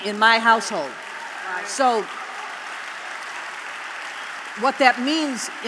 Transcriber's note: applause